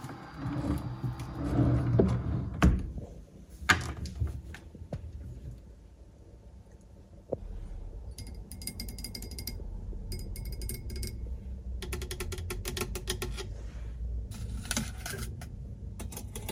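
Lens tapping and scratching: sharp taps near 3 and 4 seconds and 7 seconds, then bursts of fast dry scratching over a low rumble.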